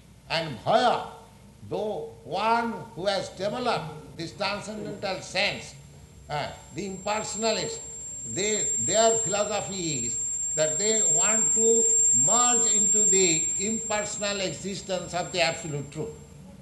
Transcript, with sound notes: And bhaya, one who has developed this transcendental sense... [Loud audio feedback on and off] The impersonalist, their philosophy is that they want to merge into the impersonal existence of the Absolute Truth.